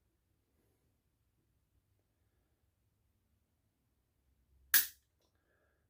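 The pan of an MB550 steel foothold trap is pulled down until its night latch engages, giving one sharp, loud click at 4.7 s after near silence. The latch is confirmed set where it needs to be.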